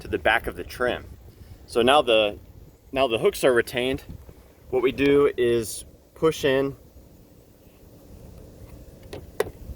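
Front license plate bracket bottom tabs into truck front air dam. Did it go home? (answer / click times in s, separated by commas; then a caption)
yes / 9.1 s, 9.4 s. Someone talks while the plastic front license plate bracket on a Ford Super Duty truck, its upper fingers already hooked onto the back of the trim, is pushed in against the front air dam. Two sharp clicks follow at 9.1 s and 9.4 s as the bracket's bottom tabs click into position in the air dam, leaving the bracket seated.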